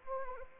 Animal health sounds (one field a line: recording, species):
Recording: mosquito wingbeat signal from an infrared sensor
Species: Anopheles arabiensis